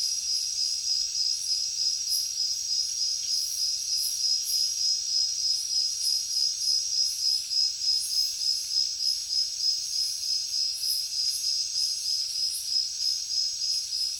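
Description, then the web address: Chorus of crickets, high pulsed chirping repeated about three times a second, joined by louder sparkling bursts. Heavy cricket chorus in a jungle at night. "papadroid sound Nature Jungle Night Heavy Crickets"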